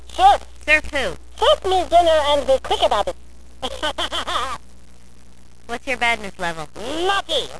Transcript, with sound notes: Surf. Surf who? Surf me dinner and be quick about it. *laugh* What's your badness level? Naughty!